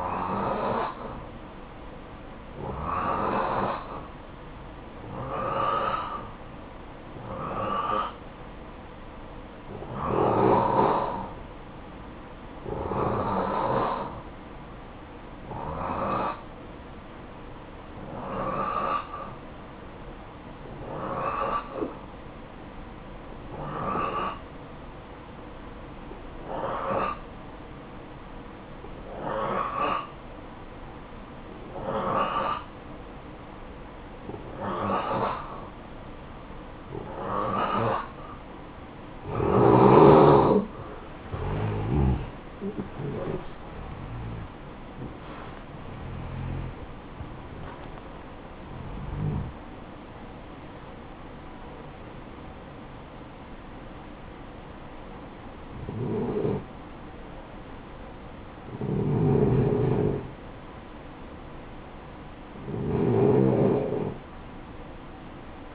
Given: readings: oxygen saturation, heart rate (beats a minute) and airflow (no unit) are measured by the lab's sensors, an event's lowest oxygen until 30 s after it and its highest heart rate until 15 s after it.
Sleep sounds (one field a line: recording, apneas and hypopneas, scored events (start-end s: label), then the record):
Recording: breathing in sleep by a voice recorder at the bedside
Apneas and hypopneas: none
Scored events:
42.00-65.75 s: new sleep stage, N1 (lightest sleep)
From the record:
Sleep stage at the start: N2 (light sleep)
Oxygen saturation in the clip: 87 to 89%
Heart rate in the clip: 52 to 79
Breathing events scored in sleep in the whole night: 573 in 9.8 hours asleep